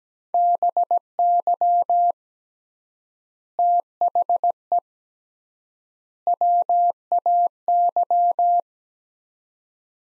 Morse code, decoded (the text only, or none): BY THE WAY